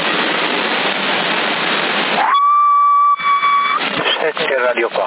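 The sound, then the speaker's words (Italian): Steady hiss of an open CB radio carrier, sent in Sassari as a signal test, for about two seconds, then a clear, constant high whistle tone with faint overtones held for over a second before a voice comes in. “Ti faccio portante multa e poi il fischio.”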